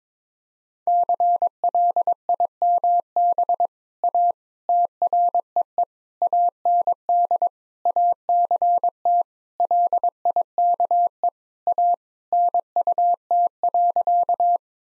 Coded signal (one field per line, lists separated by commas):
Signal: Morse code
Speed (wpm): 22 wpm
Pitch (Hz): 700 Hz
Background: none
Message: CLIMB A TREE AND ACT LIKE A NUT.